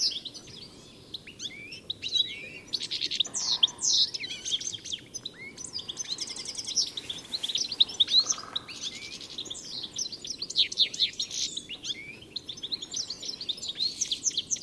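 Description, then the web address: Birds chirping in a dense, continuous chorus of short, high sweeping notes that overlap throughout, with steady low background noise. "Deverinetal. Bird Only"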